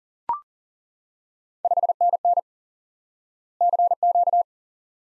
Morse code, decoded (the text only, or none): 5NN CQ